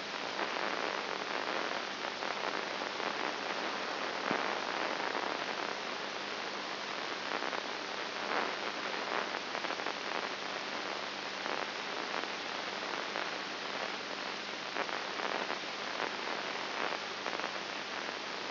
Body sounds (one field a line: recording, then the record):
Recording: brain microelectrode recording played as sound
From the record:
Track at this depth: inside the subthalamic nucleus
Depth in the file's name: 5.1 mm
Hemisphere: right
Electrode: 2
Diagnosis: Parkinson's disease